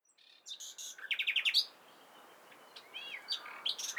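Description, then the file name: Common nightingale song fragment: a quick run of bright repeated notes, a pause, then scattered chirps and whistled notes. "Luscinia megarhynchos"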